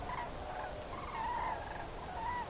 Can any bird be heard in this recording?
yes